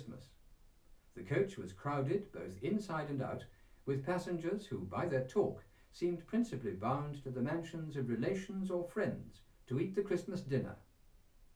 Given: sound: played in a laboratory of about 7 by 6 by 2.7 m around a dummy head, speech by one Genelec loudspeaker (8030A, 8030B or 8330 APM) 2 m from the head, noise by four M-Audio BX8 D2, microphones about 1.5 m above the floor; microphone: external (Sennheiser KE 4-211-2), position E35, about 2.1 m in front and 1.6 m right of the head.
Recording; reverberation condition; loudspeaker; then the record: male speech in English; low; 90 degrees to the left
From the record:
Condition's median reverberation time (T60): about 310 ms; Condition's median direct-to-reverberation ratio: about 3.5 dB